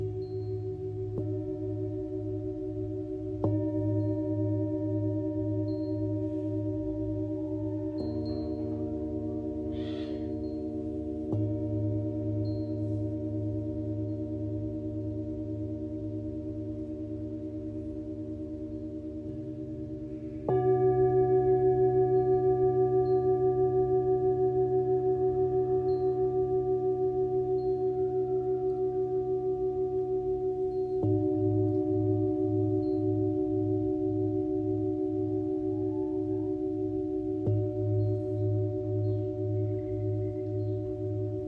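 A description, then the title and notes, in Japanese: Singing bowls ring in long, sustained tones for sound healing, with a new bowl struck every few seconds, around 3, 8, 11, 20, 31 and 37 seconds. Each strike adds a bright layer over a steady low hum, and the loudest strike near 20 seconds slowly fades. メキシコから シンギングボウルのサウンドヒーリング ライブ。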